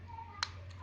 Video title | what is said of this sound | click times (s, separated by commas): Mengecek Lcd Touchscreen Hp Oppo Reno 2 Sebelum Dilem Dan Dipasang | sampai terdengar bunyi tek gitu nah | 0.4 s